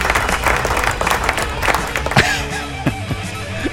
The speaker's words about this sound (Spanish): Así que bueno, aplauso.